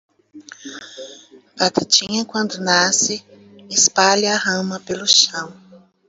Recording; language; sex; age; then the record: short text; Brazilian Portuguese; female; 40 to 49 years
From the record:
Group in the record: control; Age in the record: 49 years